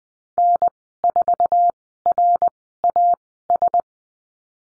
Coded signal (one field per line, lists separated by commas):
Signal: Morse code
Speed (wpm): 20 wpm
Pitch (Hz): 700 Hz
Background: none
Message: N4RAS